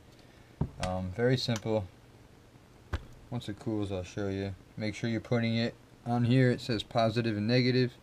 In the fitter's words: put the connector inside and then grab a screwdriver and just push down on the top part of the connector until it clicks in